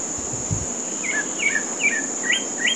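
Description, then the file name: Pale-breasted thrush song: several quick whistled slurs, a few swooping upward, beneath a steady high-pitched insect drone and a low rumble at the start. Recorded at a golf course in Comandatuba, Bahia, Brazil, on 30 January 2013. "Turdus-leucomelas-golfe-IComandatuba BA-BR-30-1-13-ASilveira"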